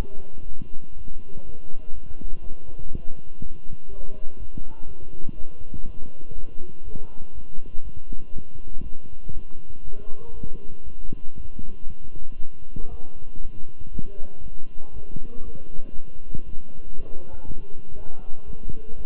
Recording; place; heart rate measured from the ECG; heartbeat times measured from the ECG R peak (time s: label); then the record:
heart sounds by stethoscope; between the tricuspid and mitral areas; 120 bpm
0.47 s: heartbeat
0.96 s: heartbeat
1.45 s: heartbeat
1.93 s: heartbeat
2.42 s: heartbeat
2.91 s: heartbeat
3.40 s: heartbeat
3.89 s: heartbeat
4.38 s: heartbeat
4.87 s: heartbeat
5.36 s: heartbeat
5.85 s: heartbeat
6.34 s: heartbeat
6.84 s: heartbeat
7.33 s: heartbeat
7.83 s: heartbeat
8.32 s: heartbeat
8.82 s: heartbeat
9.33 s: heartbeat
9.84 s: heartbeat
10.34 s: heartbeat
10.84 s: heartbeat
11.36 s: heartbeat
11.87 s: heartbeat
12.38 s: heartbeat
12.90 s: heartbeat
13.41 s: heartbeat
13.92 s: heartbeat
14.42 s: heartbeat
14.93 s: heartbeat
15.44 s: heartbeat
15.95 s: heartbeat
16.45 s: heartbeat
16.95 s: heartbeat
17.46 s: heartbeat
17.96 s: heartbeat
18.46 s: heartbeat
18.96 s: heartbeat
From the record:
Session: walking at 3.7 km/h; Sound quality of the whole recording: good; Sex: male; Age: 23 years